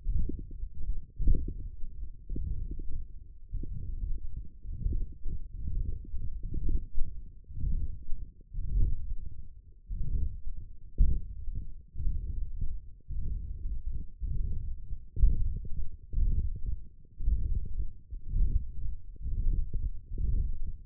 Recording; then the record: forearm muscle sounds (acoustic myography)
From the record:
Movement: hook grip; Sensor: system 1, eight BSWA MPA416 microphones around the upper forearm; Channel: 7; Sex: male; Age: 21 years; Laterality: right